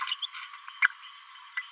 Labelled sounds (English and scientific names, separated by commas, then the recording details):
Green-rumped Parrotlet (Forpus passerinus) babbling
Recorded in a nest box in Venezuela
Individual 18B17A5